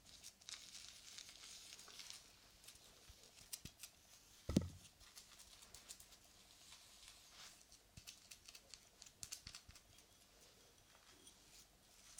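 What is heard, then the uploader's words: Soft brushing and light rubbing on skin, a steady stream of quick whispery strokes with crisp bright edges. The texture is dense and fairly even, broken by small taps, and a single firmer low thump lands near the middle. Face Massage and Face Brushing.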